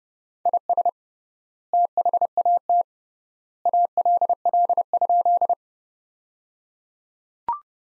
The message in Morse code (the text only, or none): IS THAT ALL?